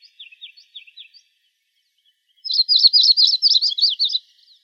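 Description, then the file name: Yellow-rumped Warbler song: several soft separate chirps, a pause, then a loud rapid warbling trill of high jumbled notes. Dated 061704. "YRWA 4 deviche"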